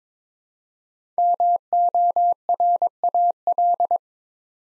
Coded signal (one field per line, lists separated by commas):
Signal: Morse code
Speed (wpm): 22 wpm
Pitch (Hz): 700 Hz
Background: none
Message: MORAL